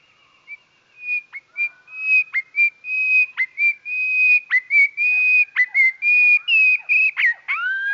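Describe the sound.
Goldcrest song, slowed, a run of clear whistled notes close together, with sliding upward and downward strokes and a thin high line above, getting busier toward the end.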